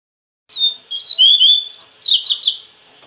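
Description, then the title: Double-collared seedeater song with slurred whistled notes leading into a hurried, slightly buzzy twittering trill. "Canto Coleiro"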